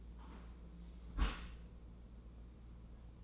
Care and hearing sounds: daily activity, microphone in the room; close dishwasher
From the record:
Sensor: 1

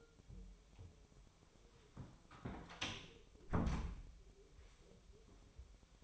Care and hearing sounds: daily activity, microphone in the room; close door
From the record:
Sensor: 1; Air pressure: 1007.6 hPa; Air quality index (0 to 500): 194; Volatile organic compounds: 18 ppm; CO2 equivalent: 2626 ppm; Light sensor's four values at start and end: 13/33/13/15 and 13/32/13/14

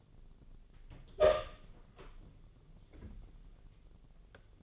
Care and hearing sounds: daily activity, microphone in the room; open door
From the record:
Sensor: 4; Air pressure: 1001.2 hPa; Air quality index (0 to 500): 184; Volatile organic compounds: 3 ppm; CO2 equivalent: 1319 ppm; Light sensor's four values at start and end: 17/39/16/16 and 15/35/14/15

